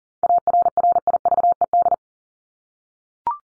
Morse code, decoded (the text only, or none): ARRIVED